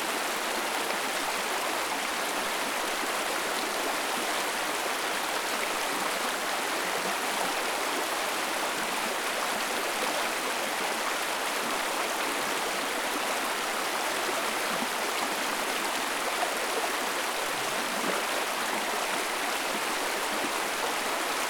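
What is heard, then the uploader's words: A small river flows steadily, its dense rushing wash filling the whole clip without pause or change in level. The sound is bright and hissy with little low rumble, suggesting fast shallow water. No other sounds stand out. Small Flowing River.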